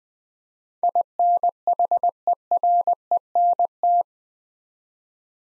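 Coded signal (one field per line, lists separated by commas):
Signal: Morse code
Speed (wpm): 20 wpm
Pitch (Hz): 700 Hz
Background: none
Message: INHERENT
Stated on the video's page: Morse practice at 20 wpm sending 8-letter words for head-copy training.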